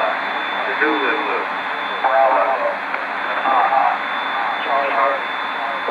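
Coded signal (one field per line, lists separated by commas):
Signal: coded military voice message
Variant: Emergency Action Message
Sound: distorted echoing radio voice reading in bursts over hiss, with a faint steady whine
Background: radio static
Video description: An Emergency Action Message (or EAM for short) is broadcast from Andrews Airforce Base, and is relayed by various transmitters globally.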